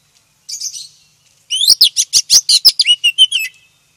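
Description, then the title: Oriental magpie-robin song: a brief buzzy phrase, then a rapid burst of many loud, sharply descending whistled notes. Black form (kacer hitam). "KACER HITAM"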